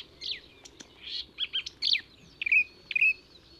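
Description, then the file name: Marsh Warbler song in a short burst of varied notes, mixing soft chatters with sharper whistled chirps in quick succession. "suara kicauan burung marsh warbler. omkicau"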